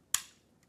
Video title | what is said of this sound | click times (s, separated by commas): E-PLEX 7900 Installing Mortise | You hear the snap when it goes in. | 0.2 s